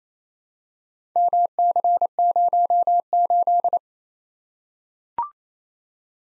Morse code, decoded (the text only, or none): MC08